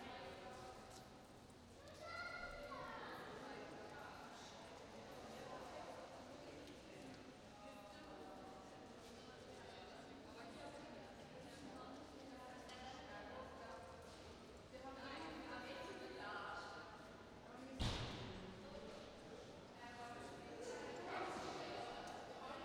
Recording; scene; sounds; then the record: everyday scene through a hearing-aid microphone; reverberant space; background noise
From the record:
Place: railway station hall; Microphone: in the ear canal, right